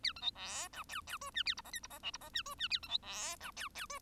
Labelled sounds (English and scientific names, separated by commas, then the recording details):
Bengalese Finch (Lonchura striata domestica) song
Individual Bird1